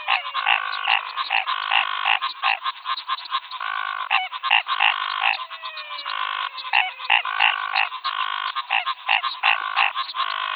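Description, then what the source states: Frog chorus with loud repeated nasal bleats and rapid croaks overlapping, plus occasional falling whistle-like glides. Frog chorus, 'rush hour', Pantanal, Brazil, 2022.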